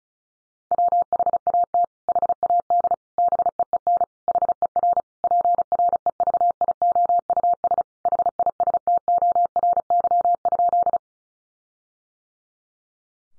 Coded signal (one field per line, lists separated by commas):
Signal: Morse code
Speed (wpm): 34 wpm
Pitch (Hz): 700 Hz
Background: none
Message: WHAT HAD BEEN HER PREVIOUS HISTORY?